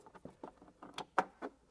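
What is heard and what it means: A plastic harness connector from a Tes Studio R86 backseat entertainment screen for a Tesla Model 3 or Y is pushed onto an OBD2 port adapter; it only fits one way. A series of soft plastic taps and rustles leads up to one sharp, loud click at 1.2 s, followed by a quieter tap. The connector seats fully.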